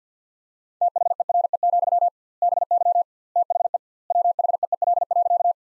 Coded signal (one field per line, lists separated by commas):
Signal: Morse code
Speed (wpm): 50 wpm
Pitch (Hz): 700 Hz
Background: none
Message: THERE, BY THE WHEEL.